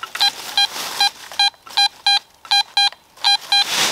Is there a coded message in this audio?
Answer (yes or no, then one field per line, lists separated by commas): no